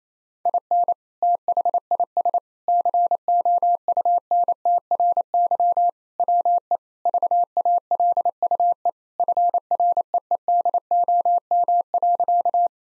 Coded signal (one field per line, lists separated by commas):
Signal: Morse code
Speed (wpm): 28 wpm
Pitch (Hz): 700 Hz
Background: none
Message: IN THIS COUNTRY WE VALUE FREEDOM.